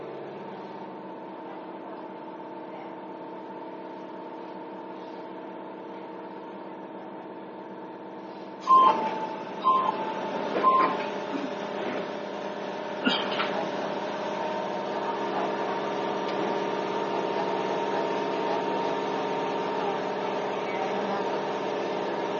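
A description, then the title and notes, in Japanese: Inside an electric train, a steady low rumble runs with a thin whining tone held above it. Around nine seconds a quick series of sharp knocks comes through, and from about thirteen seconds the running noise swells into a fuller, rushing roar. 伊豆急8000系 伊豆急下田〜伊東。伊豆急行線の全区間の録音です。車体はオールステンレス製で、20ｍ4ドアと大型化し。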